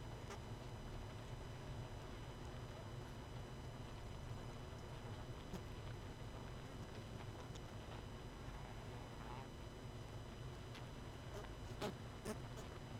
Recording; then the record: honeybee colony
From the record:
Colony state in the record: missing queen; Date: 31 May 2018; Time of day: 19:27